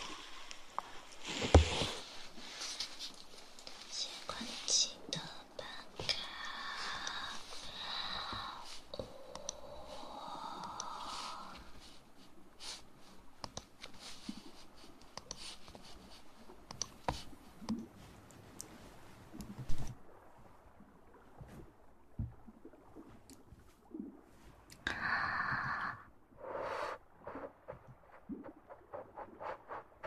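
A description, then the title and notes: Mouth sounds: a quick run of wet clicks, smacks and tongue pops, with short hissy, breathy bursts near the start and again around 25 seconds. The sounds come irregularly and densely through the first twenty seconds, then thin out to scattered clicks with quiet gaps. Mouth Sounds.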